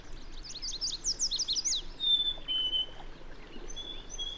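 Bird song: a quick run of high chirps, then several long thin whistles on steady pitches, over a soft hiss.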